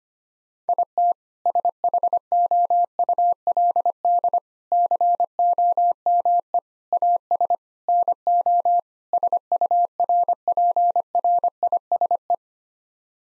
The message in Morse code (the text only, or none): IT SHOULD COME AS NO SURPRISE